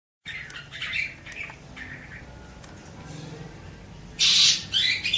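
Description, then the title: Several birds chirping and twittering together, short high notes in quick bursts, with a louder harsh chattering outburst near the end. "Burung Campur"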